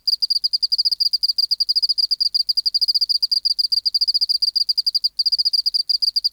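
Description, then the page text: Oceanic field cricket producing rapid, tonal pulses in a near-continuous train, with a clear break near the fifth second. Specimen NHMUK BMNH(E) 010211120 recorded by W. J. Reynolds in the BMNH Acoustic Laboratory, 19 March 1984, 11:15, at 24 °C, 30% humidity, still air, dim light. "412:14 Teleogryllus oceanicus (514r2). BioAcoustica. Natural History Museum Sound Archive. Recording Location: BMNH Acoustic Laboratory Recorded by: W. J. Reynolds Date Recorded: Mandag, marts 19, 1984 Local time: 1115"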